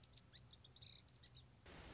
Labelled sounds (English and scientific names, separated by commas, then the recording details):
Lazuli Bunting (Passerina amoena)
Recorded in Sonoma County, California